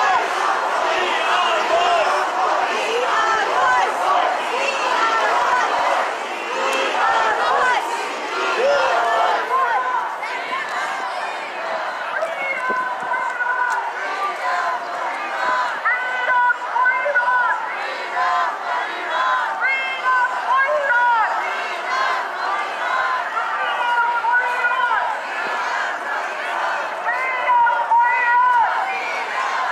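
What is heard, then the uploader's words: Protesters in the streets of downtown Toronto: a dense, continuous mass of many voices talking and calling out at once, holding a steady level for the full thirty seconds. Individual shouts and raised voices rise briefly above the crowd now and then, especially near the end. Protestors take to the streets in downtown Toronto TDC media catches the moments.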